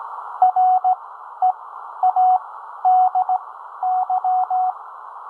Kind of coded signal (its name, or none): Morse code